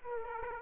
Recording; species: mosquito wingbeat signal from an infrared sensor; Aedes aegypti